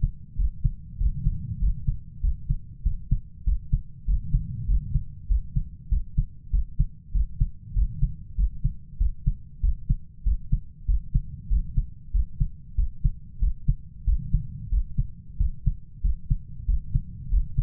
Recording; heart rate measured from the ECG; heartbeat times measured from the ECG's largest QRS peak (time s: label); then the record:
heart sounds by stethoscope; 96 bpm
0.39 s: heartbeat
1.00 s: heartbeat
1.61 s: heartbeat
2.23 s: heartbeat
2.85 s: heartbeat
3.47 s: heartbeat
4.08 s: heartbeat
4.69 s: heartbeat
5.30 s: heartbeat
5.91 s: heartbeat
6.53 s: heartbeat
7.15 s: heartbeat
7.76 s: heartbeat
8.38 s: heartbeat
9.00 s: heartbeat
9.63 s: heartbeat
10.26 s: heartbeat
10.88 s: heartbeat
11.51 s: heartbeat
12.14 s: heartbeat
12.78 s: heartbeat
13.42 s: heartbeat
14.07 s: heartbeat
14.72 s: heartbeat
15.40 s: heartbeat
16.04 s: heartbeat
16.68 s: heartbeat
17.32 s: heartbeat
From the record:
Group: healthy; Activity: rest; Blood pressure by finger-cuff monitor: 116/68 mmHg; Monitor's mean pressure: 85 mmHg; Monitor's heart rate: 96 bpm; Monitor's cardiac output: 8.1 L/min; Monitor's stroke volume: 83 mL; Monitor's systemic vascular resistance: 760 dyn s/cm5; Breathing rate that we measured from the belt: 19 breaths a minute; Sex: male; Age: 21 years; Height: 175 cm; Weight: 72.6 kg